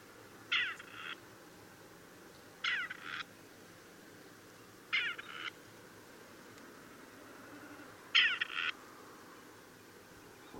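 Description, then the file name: Grey partridge repeating a grating, creaky two-note call four times, roughly every two to three seconds, against a low constant hiss. "Starna"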